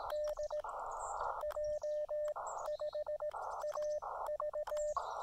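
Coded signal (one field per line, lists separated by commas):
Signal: Morse code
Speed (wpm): 16 wpm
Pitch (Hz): 590 Hz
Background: none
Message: DJ5AV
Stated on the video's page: Morse from a combined summit and two-park activation at one site.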